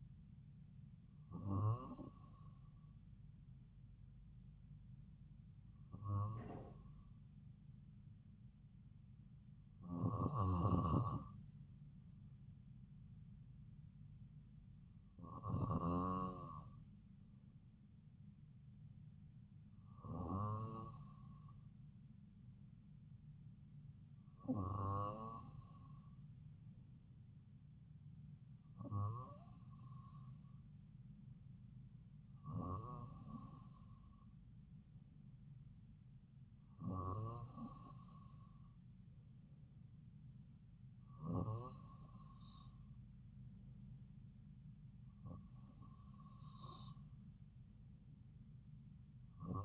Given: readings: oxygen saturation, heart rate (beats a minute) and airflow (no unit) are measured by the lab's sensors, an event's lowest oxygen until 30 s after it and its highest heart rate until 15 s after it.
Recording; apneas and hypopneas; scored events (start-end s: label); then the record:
breathing in sleep by a smartphone at the bedside; none
none scored
From the record:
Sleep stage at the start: N2 (light sleep); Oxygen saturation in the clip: 94 to 96%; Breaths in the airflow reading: 11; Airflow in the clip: -2.7 to 2.4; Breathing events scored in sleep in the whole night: 270 in 6.1 hours asleep